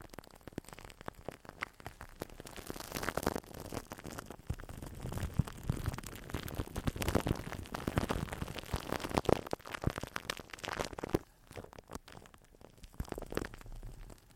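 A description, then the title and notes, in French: Dense, irregular crackling runs throughout, loudest and busiest from about three to eleven seconds, then thinning into sparser pops near the end. Quelques crépitements.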